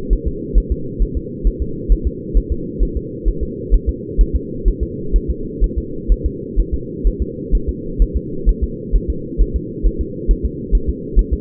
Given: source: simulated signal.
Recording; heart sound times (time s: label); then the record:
fetal heart sounds
0.13 s: S1
0.28 s: S2
0.58 s: S1
0.72 s: S2
1.02 s: S1
1.17 s: S2
1.47 s: S1
1.62 s: S2
1.92 s: S1
2.07 s: S2
2.37 s: S1
2.52 s: S2
2.83 s: S1
2.97 s: S2
3.28 s: S1
3.43 s: S2
3.74 s: S1
3.89 s: S2
4.21 s: S1
4.36 s: S2
4.68 s: S1
4.83 s: S2
5.16 s: S1
5.30 s: S2
5.64 s: S1
5.78 s: S2
6.12 s: S1
6.26 s: S2
6.60 s: S1
6.74 s: S2
7.07 s: S1
7.22 s: S2
7.55 s: S1
7.69 s: S2
8.02 s: S1
8.17 s: S2
8.49 s: S1
8.64 s: S2
8.96 s: S1
9.10 s: S2
9.41 s: S1
9.56 s: S2
9.87 s: S1
10.01 s: S2
10.31 s: S1
10.45 s: S2
10.75 s: S1
10.90 s: S2
11.19 s: S1
11.33 s: S2
From the record:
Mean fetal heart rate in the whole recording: 130 bpm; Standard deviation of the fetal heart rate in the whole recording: 2 bpm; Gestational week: 36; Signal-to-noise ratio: -4.3 dB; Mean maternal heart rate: 72 bpm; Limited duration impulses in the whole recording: absent